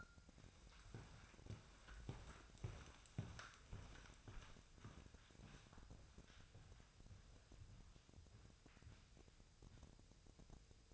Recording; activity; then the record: daily activity, microphone in the room; walk to room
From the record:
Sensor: 2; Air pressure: 999.3 hPa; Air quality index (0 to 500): 193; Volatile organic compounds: 26 ppm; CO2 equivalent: 2855 ppm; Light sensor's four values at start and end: 7/16/6/6 and 7/16/7/7